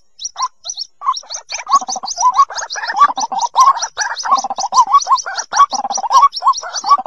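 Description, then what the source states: White-breasted waterhen calls: fast, gurgling series of wavering mid-pitched notes with high ticks above and faint low pulses in places. Young bird.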